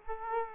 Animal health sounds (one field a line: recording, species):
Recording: mosquito wingbeat signal from an infrared sensor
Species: Culex quinquefasciatus